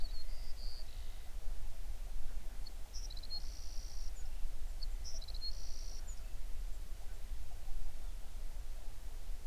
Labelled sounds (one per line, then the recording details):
songbird
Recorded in the Prudhoe Bay oil fields, Alaska, on 11 June 2019 at 05:28
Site 21